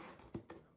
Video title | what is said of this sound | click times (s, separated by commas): DIY minnow trap | So now let's see how that pops into place. | 0.5 s